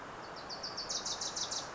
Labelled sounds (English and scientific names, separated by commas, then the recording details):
Wilson's Warbler (Cardellina pusilla)
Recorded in Sonoma County, California